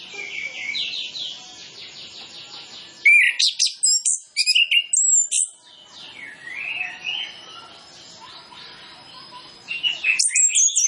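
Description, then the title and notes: Orange-headed Thrush song, a continuous medley of warbled whistles and quick high chatter, louder bursts alternating with softer rambling phrases. Master tutor recording of full 'isian' fill-in song, used as a lure so Orange-headed Thrushes quickly start singing fully (ngeplong). "Masteran Anis Kembang Full Isian Untuk Suara Pancingan Anis Kembang Agar Cepat Ngeplong. Suara Burung Anis Kembang"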